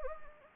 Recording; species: mosquito wingbeat signal from an infrared sensor; Anopheles gambiae